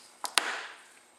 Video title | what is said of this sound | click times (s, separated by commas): BMW 330i Headlight Lens and Washer Nozzle Replacement DIY | and it unsnaps very easily | 0.2 s, 0.4 s